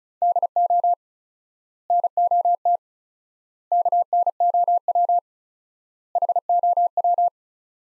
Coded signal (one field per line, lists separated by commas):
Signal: Morse code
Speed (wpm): 36 wpm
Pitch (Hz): 700 Hz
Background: none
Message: DO NOT KNOW HOW